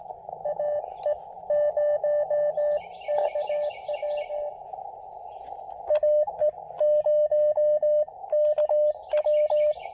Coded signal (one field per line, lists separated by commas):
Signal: Morse code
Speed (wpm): 18 wpm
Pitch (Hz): 590 Hz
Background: radio noise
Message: AE0KW AE0KW